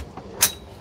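A second latch holding the camper van table is operated to release it so the table can come down. A faint tap sounds at 0.2 s, then a loud, sharp latch hit at 0.4 s, and the table latch is released.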